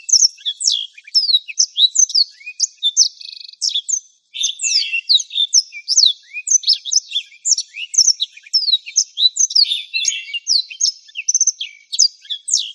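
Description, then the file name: Black-throated canary singing continuously, a busy, high twittering of slurred notes and rattling trills with one short gap. "suara burung blackthroat"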